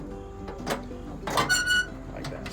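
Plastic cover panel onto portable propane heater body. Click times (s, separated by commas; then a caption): 1.4 s. A plastic cover panel is refitted onto a portable propane heater body after the pilot tube has been cleaned, with background music playing. A few soft handling sounds lead up to a louder burst, and the cover clicks back into place at 1.4 s. Quieter taps follow near 2.2 s and 2.5 s.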